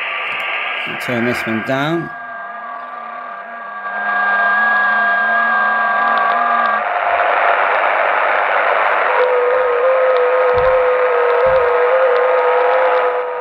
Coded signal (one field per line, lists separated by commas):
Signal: FT8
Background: speech